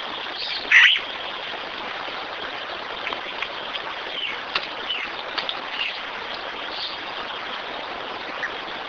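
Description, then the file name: Bird call: one loud short note near the start, followed by faint scattered chirps over a steady hissing background. "SABIOD 50 bird 2015"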